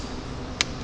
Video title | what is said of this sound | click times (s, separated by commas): Oregon to Squamish [USA pt.5] | That little click at the end. | 0.6 s